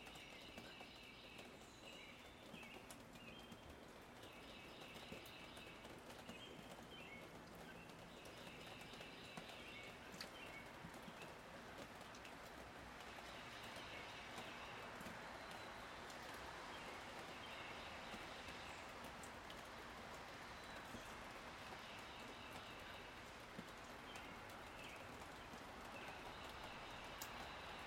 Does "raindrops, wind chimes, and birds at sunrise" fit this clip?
yes